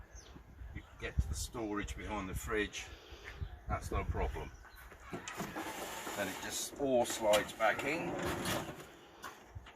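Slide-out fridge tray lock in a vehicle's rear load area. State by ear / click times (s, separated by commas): not seated / none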